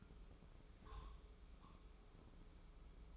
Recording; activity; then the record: daily activity, microphone in the room; take from stove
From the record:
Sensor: 1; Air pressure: 995.5 hPa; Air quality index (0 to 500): 30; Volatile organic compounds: 1 ppm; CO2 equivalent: 555 ppm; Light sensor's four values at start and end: 29/102/39/40 and 29/102/39/40